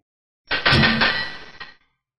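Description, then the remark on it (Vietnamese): Four golden chains with heads as big as rice bowls shoot from the sleeves of four people and wrap around a body: a harsh, bright metallic clanking, a dense burst of rattling lasting just over a second with sharp jangling accents before it cuts off. “Một tiếng xiềng xích vang lên chói tai, tay áo bốn người Tề Thiên Tiêu đại phóng kim quang, bên ngoài vô số phù văn lượn lờ.”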